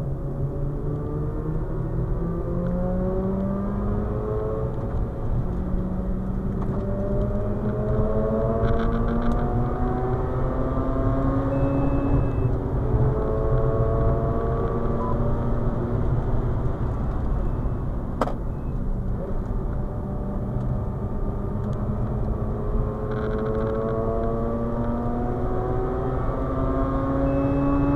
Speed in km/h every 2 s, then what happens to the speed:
76, 96, 90, 98, 114, 123, 131, 132, 92, 85, 91, 101, 116, 125.
0-2 speeds up to 96. 5-12 speeds up to 131. 14-17 brakes to 85. 17-28 speeds up to 125.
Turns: 15-21.